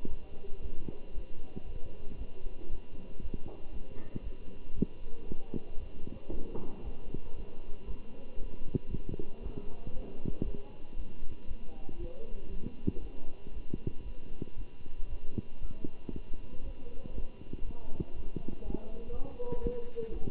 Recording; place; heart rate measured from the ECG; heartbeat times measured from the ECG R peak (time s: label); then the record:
heart sounds by stethoscope; between the tricuspid and mitral areas; 117 bpm
0.07 s: heartbeat
0.60 s: heartbeat
1.13 s: heartbeat
1.65 s: heartbeat
2.17 s: heartbeat
2.69 s: heartbeat
3.20 s: heartbeat
3.71 s: heartbeat
4.22 s: heartbeat
4.74 s: heartbeat
5.26 s: heartbeat
5.78 s: heartbeat
6.29 s: heartbeat
6.82 s: heartbeat
7.34 s: heartbeat
7.86 s: heartbeat
8.37 s: heartbeat
8.89 s: heartbeat
9.41 s: heartbeat
9.92 s: heartbeat
10.43 s: heartbeat
10.95 s: heartbeat
11.46 s: heartbeat
11.98 s: heartbeat
12.48 s: heartbeat
13.00 s: heartbeat
13.52 s: heartbeat
14.04 s: heartbeat
14.55 s: heartbeat
15.08 s: heartbeat
15.60 s: heartbeat
16.12 s: heartbeat
16.63 s: heartbeat
17.14 s: heartbeat
17.64 s: heartbeat
18.14 s: heartbeat
18.63 s: heartbeat
19.12 s: heartbeat
19.61 s: heartbeat
20.10 s: heartbeat
From the record:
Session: Bruce protocol treadmill stress test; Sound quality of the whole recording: good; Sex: male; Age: 23 years